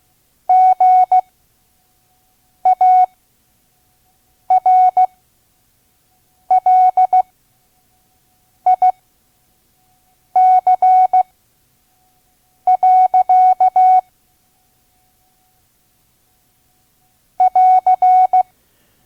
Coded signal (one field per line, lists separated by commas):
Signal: Morse code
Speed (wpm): 16 wpm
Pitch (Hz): 740 Hz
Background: none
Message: GARLIC. <AR>